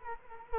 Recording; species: mosquito wingbeat signal from an infrared sensor; Culex quinquefasciatus